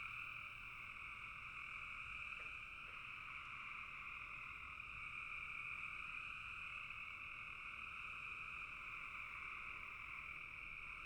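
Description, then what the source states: Frogs in full chorus, an unbroken trilling drone in two pitch bands, with a couple of faint short notes early on. Frogs in a bog.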